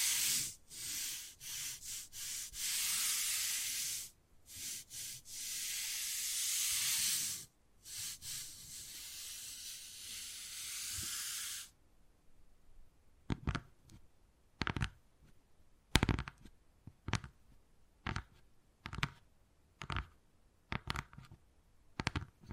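Wood carving begins with long, bright scratching strokes broken by short pauses, then after about twelve seconds gives way to sharp, irregular tapping.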